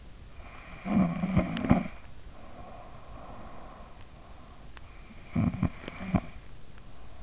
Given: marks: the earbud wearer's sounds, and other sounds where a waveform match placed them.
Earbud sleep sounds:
sounds in sleep by an in-ear microphone; snoring breath
0.08-3.17 s: snoring breath
4.66-7.23 s: snoring breath

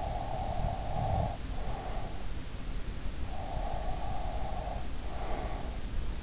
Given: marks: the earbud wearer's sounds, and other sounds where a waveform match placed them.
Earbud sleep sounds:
sounds in sleep by an in-ear microphone; breath
0.00-2.00 s: breath
3.22-5.81 s: breath

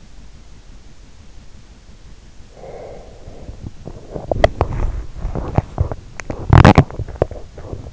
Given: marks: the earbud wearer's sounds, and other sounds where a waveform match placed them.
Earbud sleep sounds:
sounds in sleep by an in-ear microphone; breath, teeth grinding
2.54-4.94 s: breath
3.97-7.93 s: teeth grinding

